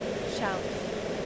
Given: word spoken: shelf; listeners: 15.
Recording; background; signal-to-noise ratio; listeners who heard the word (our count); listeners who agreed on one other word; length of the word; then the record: one English word in noise, from a listening test; speech-shaped noise; -4.9 dB; 1 of 15; 8 of 15; 0.86 s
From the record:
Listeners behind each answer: 8, 2, 1, 1, 1, 1, 1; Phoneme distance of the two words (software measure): 27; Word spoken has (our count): 1 syllable, 4 phonemes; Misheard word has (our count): 1 syllable, 3 phonemes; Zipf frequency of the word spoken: 4.02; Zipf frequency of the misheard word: 4.43